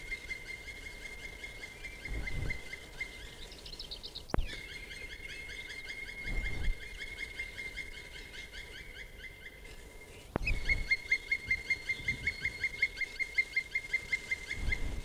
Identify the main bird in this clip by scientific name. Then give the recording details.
Dryocopus martius. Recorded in the wild. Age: adult. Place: Fangschleuse, Brandenburg, DE. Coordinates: 52.4167, 13.8. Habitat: wood. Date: 1963-04-19. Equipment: R 20, Transistorverstärker, Vollspur. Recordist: TSA. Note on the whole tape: Rufe und Trommeln